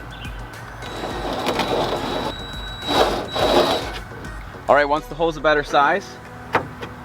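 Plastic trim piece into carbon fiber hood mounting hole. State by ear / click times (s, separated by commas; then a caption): seated / 6.6 s. A plastic trim piece is pushed into an enlarged mounting hole in a Seibon carbon fiber hood for a BMW F30 while someone talks over a steady background hiss. A single sharp snap is heard at 6.6 seconds as the piece seats in the hole.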